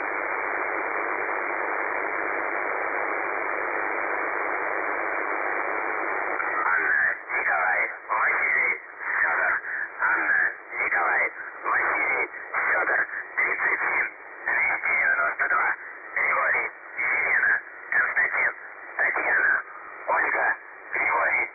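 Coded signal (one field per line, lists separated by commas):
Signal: numbers station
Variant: UVB-76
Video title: The Buzzer/UVB-76 Voice Message (December 3, 2020 11:04 UTC)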